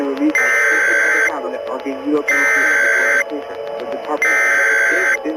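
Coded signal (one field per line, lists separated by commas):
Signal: Emergency Alert System (SAME) tones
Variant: header bursts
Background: speech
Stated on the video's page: Fictional EAS scenario, a remastered version of an earlier one.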